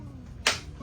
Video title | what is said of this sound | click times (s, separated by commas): Ninja Cold Press Juicer Pro Unboxing and Test | Alright, so you're going to have your main base on a flat surface and you're going to insert your auger until you hear a click. | 0.5 s